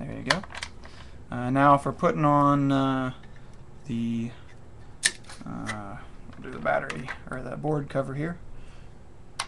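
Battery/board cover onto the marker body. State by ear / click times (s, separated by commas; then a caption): seated / 9.4 s. Someone talks while a plastic battery or board cover is fitted onto a marker body: it clicks in at the front, is slid over, and the tab is pushed down to lock it. A sharp click is heard at 9.4 s as the cover seats and locks into place.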